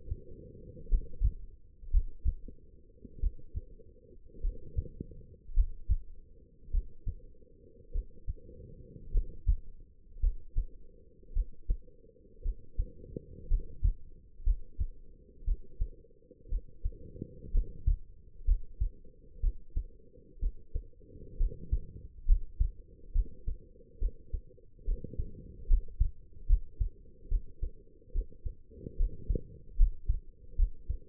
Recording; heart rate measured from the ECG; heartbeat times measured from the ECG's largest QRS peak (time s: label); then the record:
heart sounds by stethoscope; 61 bpm
0.89 s: heartbeat
1.91 s: heartbeat
3.20 s: heartbeat
4.41 s: heartbeat
5.54 s: heartbeat
6.71 s: heartbeat
7.92 s: heartbeat
9.11 s: heartbeat
10.20 s: heartbeat
11.33 s: heartbeat
12.42 s: heartbeat
13.48 s: heartbeat
14.43 s: heartbeat
15.44 s: heartbeat
16.48 s: heartbeat
17.51 s: heartbeat
18.45 s: heartbeat
19.40 s: heartbeat
20.39 s: heartbeat
21.37 s: heartbeat
22.26 s: heartbeat
23.12 s: heartbeat
23.98 s: heartbeat
24.84 s: heartbeat
25.67 s: heartbeat
26.47 s: heartbeat
27.28 s: heartbeat
28.12 s: heartbeat
28.96 s: heartbeat
29.76 s: heartbeat
30.56 s: heartbeat
From the record:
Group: healthy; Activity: rest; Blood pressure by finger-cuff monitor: 123/78 mmHg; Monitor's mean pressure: 91 mmHg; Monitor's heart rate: 59 bpm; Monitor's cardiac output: 4.9 L/min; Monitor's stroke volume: 84 mL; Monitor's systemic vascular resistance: 1360 dyn s/cm5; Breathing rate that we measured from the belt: 15 breaths a minute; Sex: female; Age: 23 years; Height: 160 cm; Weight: 50.4 kg